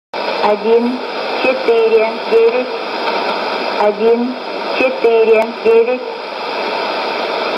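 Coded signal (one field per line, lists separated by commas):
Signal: numbers station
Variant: S06s, Russian female voice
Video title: 28 10 2019 S06s Russian Lady numbers station in Russian to Eu 1215 on 11460 unknown tx site USB+AM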